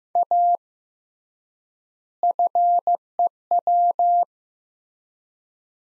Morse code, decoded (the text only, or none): A FEW